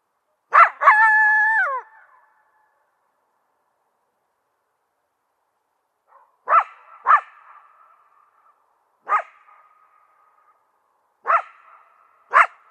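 Coyote giving a short barked howl, then sharp single barks at irregular intervals, each trailing into a brief thin tone, with silence between.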